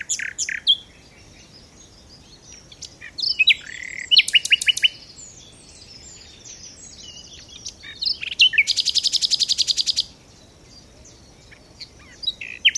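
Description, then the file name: Common nightingale song: varied phrases of sharp chips, rapid stuttering trills and a long harsh rattling series, separated by pauses, with constant low background noise. "Luscinia megarhynchos"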